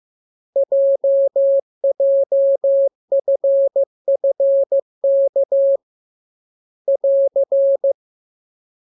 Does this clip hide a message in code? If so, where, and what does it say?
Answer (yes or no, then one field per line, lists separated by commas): yes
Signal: Morse code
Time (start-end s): 0.6-7.9 s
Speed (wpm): 15 wpm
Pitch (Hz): 550 Hz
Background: none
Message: JJFFK <AR>